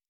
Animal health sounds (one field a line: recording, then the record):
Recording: hydrophone in a shrimp aquaculture tank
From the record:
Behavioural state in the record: normal